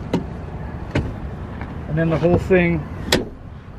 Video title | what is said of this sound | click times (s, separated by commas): Things I don't like about my new RAM 2500HD Cummins | the whole thing kind of locks into place | 3.1 s